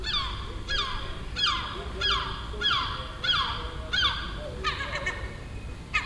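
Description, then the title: Gull giving a series of loud, drawn-out mewing calls, each sliding downward in pitch, repeated roughly every two-thirds of a second, over low background noise. Gull nesting on a neighbouring roof in Den Haag, calling all day for a week; recorded June 18th 2017. "Seagull Chatter (Den Haag"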